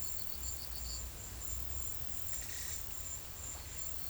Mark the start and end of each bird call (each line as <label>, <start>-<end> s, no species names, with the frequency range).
bird call (2.2-8.8 kHz), 2.35-2.87 s